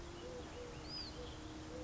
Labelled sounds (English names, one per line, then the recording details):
Eurasian Collared Dove
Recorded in Sonoma County, California